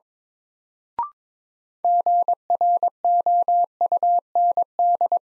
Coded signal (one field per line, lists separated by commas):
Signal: Morse code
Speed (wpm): 22 wpm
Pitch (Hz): 700 Hz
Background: none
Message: GROUND